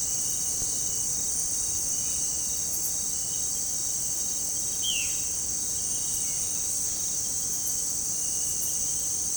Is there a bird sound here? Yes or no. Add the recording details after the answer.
yes. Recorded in pastures near Puerto Asís, Putumayo, Colombia, on 21 December 2024 at 18:00. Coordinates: 0.466, -76.322. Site G040